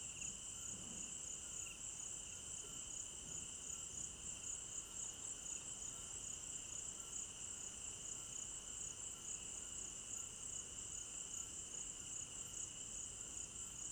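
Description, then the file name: Crickets keep up a dense, even trill, a bright high shimmer layered over a lower steady tone, with no breaks. At night in an African village garden; stereo binaural recording. "African-Village Garden Night Crickets 01 Stereo-Binaural"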